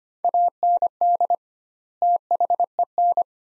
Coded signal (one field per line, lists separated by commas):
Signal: Morse code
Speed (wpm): 25 wpm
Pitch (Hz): 700 Hz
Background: none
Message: AND THEN